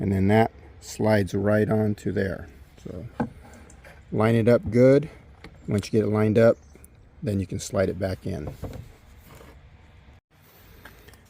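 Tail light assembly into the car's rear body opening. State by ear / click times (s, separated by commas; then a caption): not seated / none. Someone talks while handling the plastic tail light assembly of a 2015 Subaru Crosstrek, sliding it back toward its mounting spot in the car's rear body opening and lining it up with its locating points. A few faint knocks are heard near 3.7, 3.9, 10.9 and 11.1 seconds. The assembly is lined up but has not seated or clicked into place yet.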